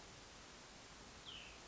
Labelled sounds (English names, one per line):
Cassin's Vireo